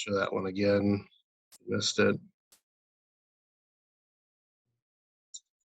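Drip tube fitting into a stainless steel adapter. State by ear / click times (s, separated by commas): seated / 5.4 s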